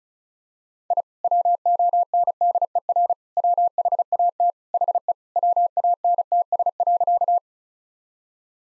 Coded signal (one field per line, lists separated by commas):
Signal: Morse code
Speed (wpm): 34 wpm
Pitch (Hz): 700 Hz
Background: none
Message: I WONDER WHAT HE WANTS.